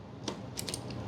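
The plastic front cover of a Feit smart plug is squeezed onto its housing during reassembly, with two sharp clicks at 0.3 s and 0.6 s, then fainter ticks at 0.7 s and 0.9 s. The cover only partly snaps back on and does not hold securely, because the case was damaged with a spudger when it was opened. The clicks may instead come from the plug's relay switching as it powers up.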